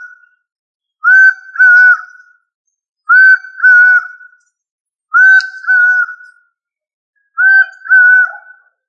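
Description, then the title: Bird singing level, whistled two-part phrases, four times at roughly two-second intervals, with nothing else audible. "LuckyPassaro Completos2Sama"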